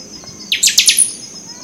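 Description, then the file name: Buffy-fronted seedeater song phrase: a quick run of loud, buzzy chirps in under a second, above a constant high-pitched drone. Recorded at Itanhaém, São Paulo, Brazil, on 31 October 2014. "Sporophila-frontalis 1-RPreto-Itanhaem SP-BR-31-10-14"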